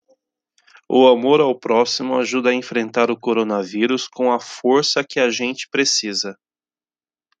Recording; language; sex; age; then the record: spoken sentence; Brazilian Portuguese; male; 40 to 49 years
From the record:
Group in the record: control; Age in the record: 43 years